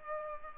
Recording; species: mosquito wingbeat signal from an infrared sensor; Culex pipiens